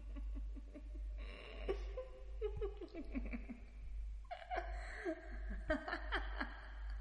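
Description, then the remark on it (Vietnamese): Eerie, ghostly laughter rises in choppy, bursting waves over a steady low rumble, with high-pitched cackling fragments that swell and fade across several seconds. “Khi ông ngẩng mặt lên, thở khói, thì tự nhiên bên tai của ông nghe có tiếng cười quỷ dị, cùng với tiếng nói vọng về.”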